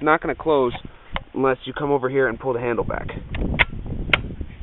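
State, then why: Seated. Someone talks while the charging handle of an A&K MkII M249 SAW replica machine gun is pulled back, followed by some quieter handling noises. The metal top cover then closes onto the receiver and latches with a sharp, loud snap at 4.1 s, seating it in place.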